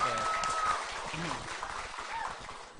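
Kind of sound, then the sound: crowd, clapping hands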